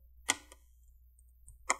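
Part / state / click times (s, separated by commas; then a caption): laptop bottom cover plastic clips in the chassis / released / 0.3 s, 1.7 s. An opening tool works along the left and right sides of the plastic bottom cover of an Acer Aspire 5 A514-54-356A laptop, prying at the retaining clips in the chassis. Two sharp clicks ring out at 0.3 s and 1.7 s, with a few faint ticks between them. The clips snap free and the bottom cover pops open along the side.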